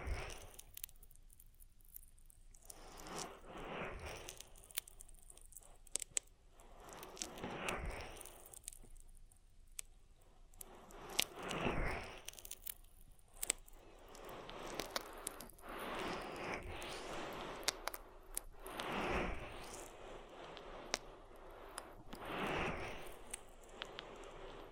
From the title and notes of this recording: ASMR Oil Ear Massage for Deep Relaxation (No Talking).